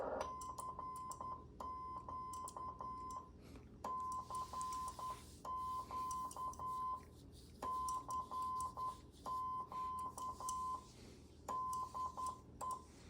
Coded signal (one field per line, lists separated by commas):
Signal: Morse code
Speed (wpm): 10 wpm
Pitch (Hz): 1030 Hz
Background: none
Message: CQ CQ CQ DE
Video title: Dave wants a QSO w/ the Stack-O-MFJ!